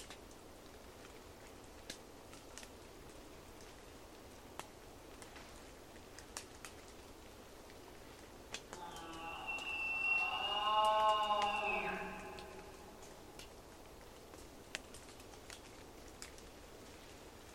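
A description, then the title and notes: Dawn in a wet rainforest valley, with a steady soft hiss and scattered sharp drips tapping throughout. Around the middle, a drawn-out elk call rises in, holds a tonal, layered cry for about three seconds, then slides downward and fades. A long soundscape across Dawn in the Queets River Valley rainforest of the Olympic National Park. Distant traffic is funneled up the Valley. Queets River Valley Rainforest Dawn with Elk.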